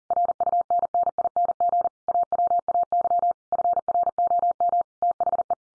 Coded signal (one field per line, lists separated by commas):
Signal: Morse code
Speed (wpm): 40 wpm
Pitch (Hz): 700 Hz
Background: none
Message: RUNNING AWAY FROM THE